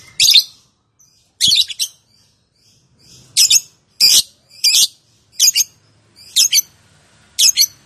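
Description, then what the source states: Lovebird repeats shrill, scratchy squawks, often doubled, roughly once every second. Song style named "konslet".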